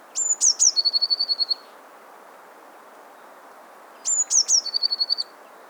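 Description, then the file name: Eurasian blue tit singing twice, each phrase two or three sharp high notes running into a rapid, even, tinkling trill. "Cyanistes caeruleus"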